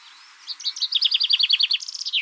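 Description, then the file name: Common chaffinch song: a fast series of descending notes, then a few high notes and a falling flourish at the end. "Fringilla coelebs"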